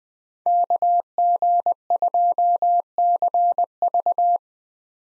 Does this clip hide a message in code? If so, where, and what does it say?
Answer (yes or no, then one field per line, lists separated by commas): yes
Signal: Morse code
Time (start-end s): 0.5-4.4 s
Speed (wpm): 20 wpm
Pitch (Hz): 700 Hz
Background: none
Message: KG2CV